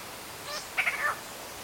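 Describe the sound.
Squirrel cuckoo call: one short nasal note, stuttered at the onset, then sliding slightly downward, against faint steady hiss.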